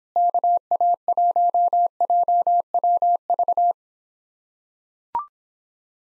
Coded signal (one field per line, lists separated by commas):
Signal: Morse code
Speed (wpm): 26 wpm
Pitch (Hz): 700 Hz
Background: none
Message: KA1JWV